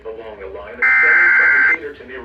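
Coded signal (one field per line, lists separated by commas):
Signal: Emergency Alert System (SAME) tones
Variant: header bursts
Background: speech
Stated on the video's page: Real severe thunderstorm warning for Darke and Mercer counties, Ohio, recorded from the screen of a CL-100 during live tornado coverage.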